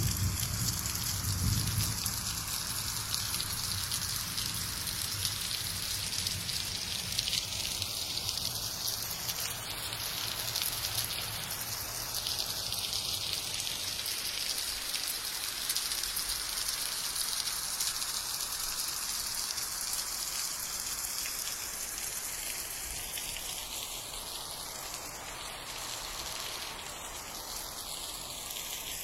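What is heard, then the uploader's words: Subtle rain falls steadily throughout, a dense, even hiss with a bright fine patter on top. A low rumble sits underneath for the first half and fades out around fifteen seconds. Faint sweeping tones rise and fall now and then in the background. Subtle rain and thunder atmosphere.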